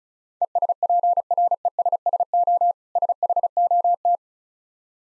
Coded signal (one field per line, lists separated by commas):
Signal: Morse code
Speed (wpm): 36 wpm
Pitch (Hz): 700 Hz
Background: none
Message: ESPRESSO SHOT